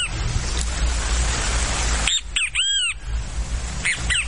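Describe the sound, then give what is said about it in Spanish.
A great kiskadee calls loudly in the second half, a run of several harsh, arching squawks with a bright, buzzy tone, following about two seconds of steady rushing background noise. “El venteveo es un pájaro muy común en el país.”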